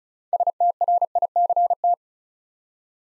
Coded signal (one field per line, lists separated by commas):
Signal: Morse code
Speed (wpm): 36 wpm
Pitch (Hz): 700 Hz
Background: none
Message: STRICT